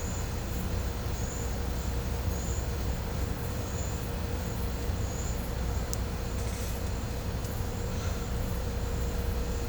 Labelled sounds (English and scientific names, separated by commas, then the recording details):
none
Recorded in pastures near Puerto Asís, Putumayo, Colombia, on 16 December 2024 at 13:00
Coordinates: 0.502, -76.324
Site G077